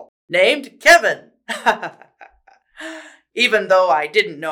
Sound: laughs